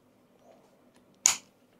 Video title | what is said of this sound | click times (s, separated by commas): IT R10 Mesh Intercomm - Unboxing & First Impression - Indonesia | sampai klik seperti itu Oke | 1.3 s